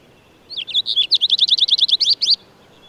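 Bird song: a couple of short introductory notes, then a quick run of about a dozen bright, down-slurred notes that stops abruptly.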